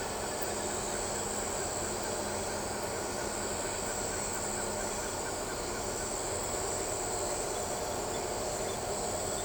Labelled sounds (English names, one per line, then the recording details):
none
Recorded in shrubland near Pivijay, Magdalena, Colombia, on 16 April 2023 at 21:00
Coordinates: 10.453, -74.365
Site P5-G022